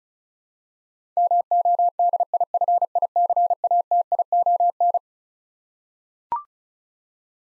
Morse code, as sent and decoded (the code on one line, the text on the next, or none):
-- --- -.. .. ..-. .. -.-. .- - .. --- -.
MODIFICATION